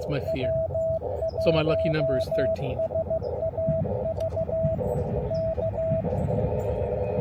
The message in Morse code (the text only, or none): W1SAV K